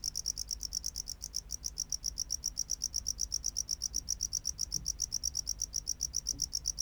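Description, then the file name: Tropical house cricket song: quick regular high chirps over a faint background, with a few soft low sounds. "Bio Acoustica Gryllodes sigillatus"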